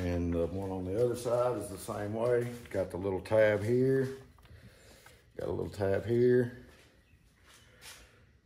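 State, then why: Not seated. Someone talks while handling a MotorGuide trolling motor control board part at its housing, pointing out the little tab and lining it up with its hole before the part is slid in and locked. A few faint handling sounds are heard during a pause in the talk. Nothing has seated or clicked yet.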